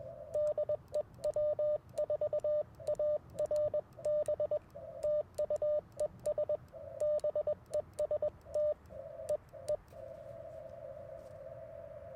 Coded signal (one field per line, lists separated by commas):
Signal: Morse code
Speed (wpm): 21 wpm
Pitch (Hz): 600 Hz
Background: radio noise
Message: DE W4ARB TU ES BEST E E